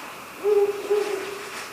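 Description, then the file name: Ural owl giving two low hoots back to back, the second longer and fading slowly, over soft hiss. "fukuro"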